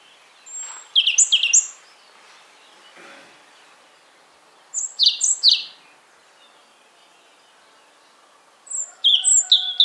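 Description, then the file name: European robin song in short high-pitched warbling phrases with sharp whistled notes, given three times with several seconds of near silence between them. "Erithacus rubecula"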